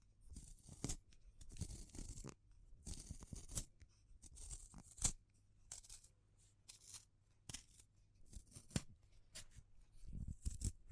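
Close, dry crackles and snips of wood, bamboo and straw being handled in a small room, in irregular short bursts with quiet gaps.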